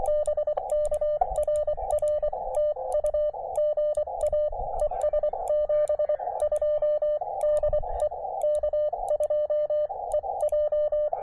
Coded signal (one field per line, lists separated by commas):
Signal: Morse code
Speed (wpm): 23 wpm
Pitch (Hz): 600 Hz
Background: radio noise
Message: BK RR TU GA ES 72 DE K2EJ